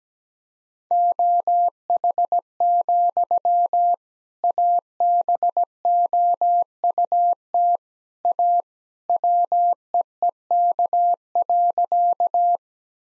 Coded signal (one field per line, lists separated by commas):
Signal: Morse code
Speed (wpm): 17 wpm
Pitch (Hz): 700 Hz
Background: none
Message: OH, ABOUT A WEEK.